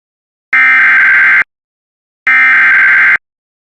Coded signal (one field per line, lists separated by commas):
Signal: Emergency Alert System (SAME) tones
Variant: header bursts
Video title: LITTLE ROCK SVR EAS #155